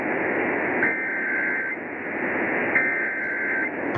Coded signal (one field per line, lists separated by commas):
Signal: Emergency Alert System (SAME) tones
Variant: header bursts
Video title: Illinois RMT on WMVP-AM (12/8/20) (EAS 4242)